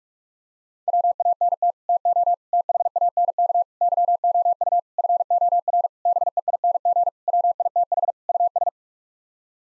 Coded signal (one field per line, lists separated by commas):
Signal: Morse code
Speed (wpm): 42 wpm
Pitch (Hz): 700 Hz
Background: none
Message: WANT TO THANK YOU FOR BEING WITH US